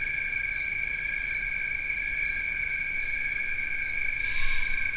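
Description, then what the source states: Cricket chorus with continuous even trills and a higher rhythmic pulsing chirp repeating throughout. Recorded 16 August 2021, 4:00-4:30 am; maybe three cricket species (Western trilling cricket, fall field cricket, a tree cricket), uncertain.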